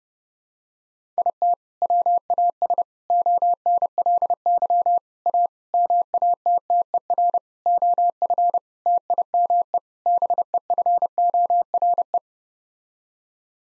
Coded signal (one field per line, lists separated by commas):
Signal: Morse code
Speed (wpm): 32 wpm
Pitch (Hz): 700 Hz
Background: none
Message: IT WAS ONLY A MATTER OF TIME BEFORE